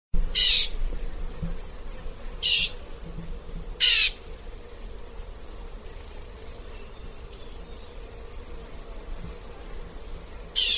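Bird giving short, harsh, raspy calls, four separate bursts spaced irregularly, over a steady low background rumble.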